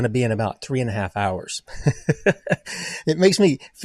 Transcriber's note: laughs